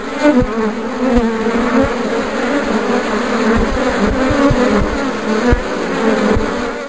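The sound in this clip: Bees buzzing in a continuous low drone, with faint thumps now and then.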